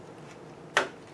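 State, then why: Seated. A dash switch is clipped into the opening of a new reproduction plastic instrument panel for a 1968–73 Opel GT. After a quiet stretch, a single sharp snap is heard at 0.8 s as the switch seats in place.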